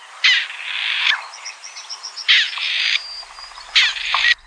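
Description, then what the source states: Grey Partridge territorial calls: three harsh, rasping bursts, with faint high tonal notes between them. Male's characteristic 'rep-rep' territorial call, best heard in the early morning and late evening hours.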